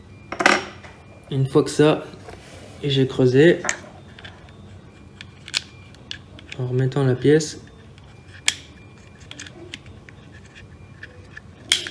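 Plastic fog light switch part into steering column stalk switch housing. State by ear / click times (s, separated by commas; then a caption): seated / 11.7 s. A replacement 3D-printed plastic part is refitted into the fog light stalk switch housing on the steering column of a PT Cruiser while someone talks, with light handling ticks and taps throughout. A sharp click at 11.7 s marks the part seating into place.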